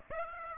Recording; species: mosquito wingbeat signal from an infrared sensor; Aedes aegypti